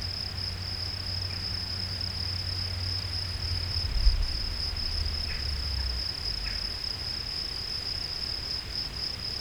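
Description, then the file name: Field cricket singing a continuous shrill song at a steady pitch, with a low hum behind. "Gryllus campestris"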